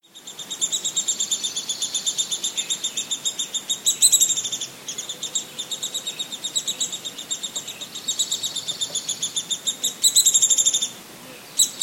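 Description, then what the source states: Downy woodpecker chicks calling, a rapid, continuous series of high, thin chirps rising and falling in loudness, with brief pauses near five and eleven seconds. Downy woodpecker chicks calling in the nest, recorded the day before the young fledged.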